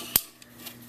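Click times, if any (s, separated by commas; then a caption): 0.2 s. The two plastic tail fin pieces on a Galaxy Force Starscream transforming robot figure are snapped apart from each other, to be folded down during transformation. A single sharp, bright plastic snap sounds at 0.2 s, followed by a much fainter tick around 0.4 s over a low steady hum. The tail fins come apart, released.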